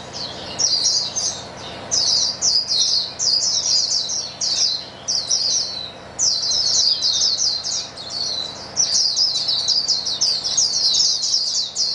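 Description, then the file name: White-eyes in a chorus of high, rapid twitters, with phrases surging and fading every few seconds. A chorus of many white-eyes singing together. "paduan suara pleci"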